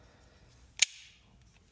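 On a BMW Z4 E85, the center console storage compartment lid latch is pushed into the console lock after its plastic slide parts are aligned. A single sharp snap at 0.8 s rings out over a quiet background, followed by a brief fading hiss and a couple of faint ticks. The latch seats and is locked in place.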